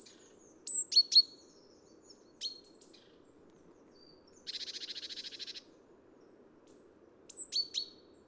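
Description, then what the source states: Great Tit calls: a few sharp descending notes, then a steady buzzing churr lasting about a second, followed by more sharp notes. Recorded at Neudarss on 3 February 2013.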